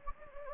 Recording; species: mosquito wingbeat signal from an infrared sensor; Anopheles gambiae